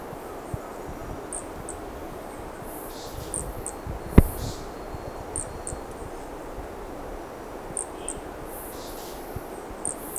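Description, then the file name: Brachycephalus toadlet giving short, high, chirped notes, some in quick pairs, repeated every two seconds or so, with a sharp click near the middle and faint insect buzzes. Undetermined Brachycephalus species, individual 1, recorded at Corcovado; the first two notes of the call are missing. "MHNCI Brachycephalus sp ind 1 Corcovado two starting notes lost"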